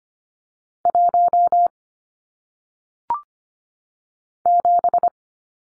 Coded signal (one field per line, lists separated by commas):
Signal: Morse code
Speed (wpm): 25 wpm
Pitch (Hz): 700 Hz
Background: none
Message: 1 7